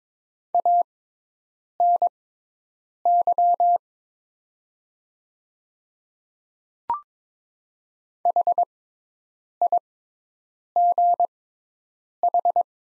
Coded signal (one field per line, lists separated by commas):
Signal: Morse code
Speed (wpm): 22 wpm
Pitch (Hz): 700 Hz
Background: none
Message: ANY HIGH